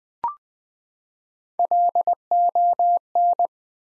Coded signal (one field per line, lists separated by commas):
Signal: Morse code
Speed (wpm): 20 wpm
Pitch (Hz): 700 Hz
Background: none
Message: LON